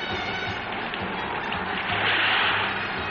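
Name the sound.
sea waves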